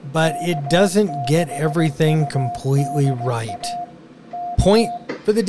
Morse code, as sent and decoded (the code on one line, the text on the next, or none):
-.- -.... ..- -.. .- / -.-
K6UDA K